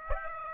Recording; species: mosquito wingbeat signal from an infrared sensor; Aedes aegypti